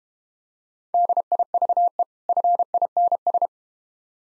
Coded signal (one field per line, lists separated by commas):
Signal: Morse code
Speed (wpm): 31 wpm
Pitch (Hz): 700 Hz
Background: none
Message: DIVE FINS